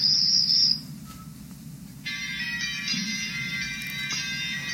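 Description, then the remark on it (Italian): Crickets chirp in a steady high-pitched trill, first a bright burst that stops abruptly, then after a short pause a fuller chorus of several insects resumes and continues, over a low ambient hum. “Essere bravo come un qualsiasi numero uno, i grilli. Li senti?”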